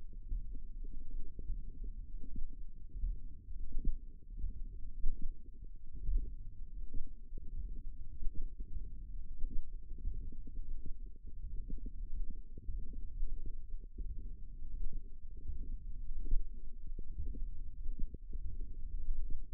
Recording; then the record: forearm muscle sounds (acoustic myography)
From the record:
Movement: finger pinch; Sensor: system 1, eight BSWA MPA416 microphones around the upper forearm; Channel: 8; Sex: female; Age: 22 years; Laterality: right